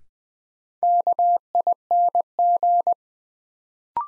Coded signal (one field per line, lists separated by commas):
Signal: Morse code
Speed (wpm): 21 wpm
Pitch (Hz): 700 Hz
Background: none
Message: KING